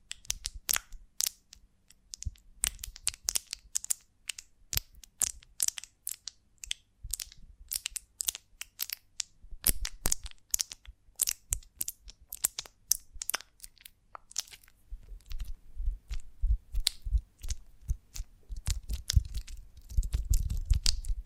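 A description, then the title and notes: Honeycomb on a branch is crushed and bitten in a rapid run of sharp, crackly clicks and crunches, dense and irregular throughout. After about fifteen seconds the crunches turn heavier, with more low thumps and a fuller chewing sound toward the end. ASMR of a Honeycomb on Branch (No Talking).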